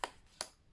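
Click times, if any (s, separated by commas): 0.0 s, 0.4 s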